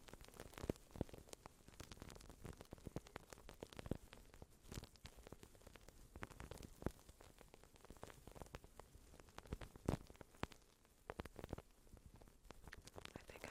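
Plastic wrap being handled, producing a continuous patter of soft crinkles. Dense, irregular snaps and ticks run throughout, with a few louder sharp crackles near 1, 7 and 10 seconds. The texture stays fairly steady, resembling rain on a surface.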